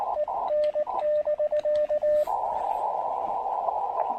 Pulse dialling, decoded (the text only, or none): none